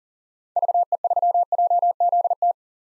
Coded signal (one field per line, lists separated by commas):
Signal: Morse code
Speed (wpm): 40 wpm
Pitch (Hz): 700 Hz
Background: none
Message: VE3JZT